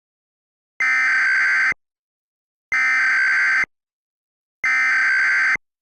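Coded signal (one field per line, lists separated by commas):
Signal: Emergency Alert System (SAME) tones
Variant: header bursts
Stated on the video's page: Fictional EAS scenario tones about exploding arcade cabinets.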